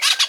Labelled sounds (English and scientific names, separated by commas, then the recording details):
Brown-throated Parakeet (Eupsittula pertinax) contact call
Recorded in Venezuela
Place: Guárico; Corozopando; Fundo La Fe
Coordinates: 8.506, -67.593